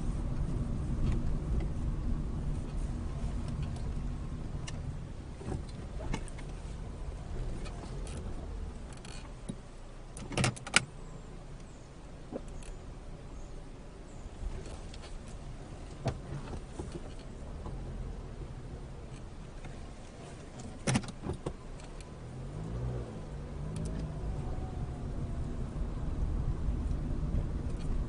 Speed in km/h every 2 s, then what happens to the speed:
15, 8, 6, 5, 0, 0, 0, 0, 0, 0, 0, 13, 16, 18.
0-7 slows to 0. 7-20 standing. 20-23 pulls away to 16.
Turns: 0-4.